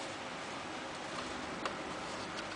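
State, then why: Not seated. After the keyboard is screwed back in, a plastic cover piece is handled onto the laptop body against a steady hiss, with a brief light tick at about 1.7 s. The piece has not seated or snapped on yet.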